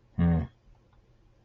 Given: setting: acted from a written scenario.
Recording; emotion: vocal sound without words; neutral